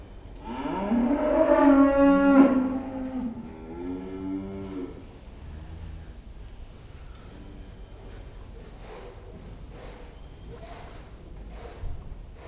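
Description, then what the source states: Cow mooing loudly, then a softer second moo, followed by quiet background with scattered knocks and clatters. Cows in a pen.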